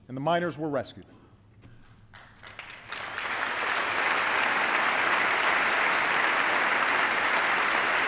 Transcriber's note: applause